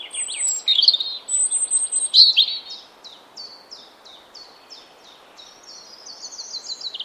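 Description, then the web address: European robin song: high, varied phrases of thin whistles and rapid trills, a loud burst early, then a run of quieter descending notes. "Deverinetal 2025 File origin Bird Only Er Ru"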